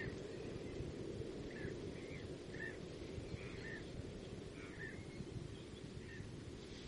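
Common reed bunting calls, short thin notes repeated about every half second to second over steady low rumbling wind noise.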